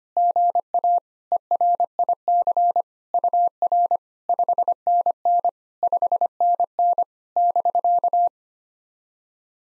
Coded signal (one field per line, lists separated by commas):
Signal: Morse code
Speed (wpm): 25 wpm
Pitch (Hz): 700 Hz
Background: none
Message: GA ERIC UR 5NN 5NN <BK>